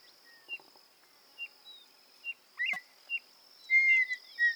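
Campo miner calls: short, spaced chip notes and a clear whistle, against a constant high-pitched hum.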